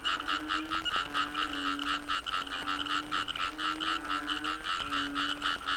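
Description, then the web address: Frogs calling together, a layered chorus of pulsed croaks over repeated low tonal notes. Wetland frog chorus recorded at Cherating wetlands, Malaysia. "yamaha frogs cherating wetlands. audio soundscape malaysia"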